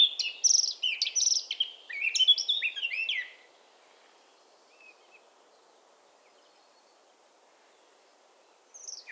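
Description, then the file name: Eurasian blackcap giving a quick, scratchy warble of varied high notes for about three seconds, then near silence with a short burst of notes at the very end. "Sylvia atricapilla"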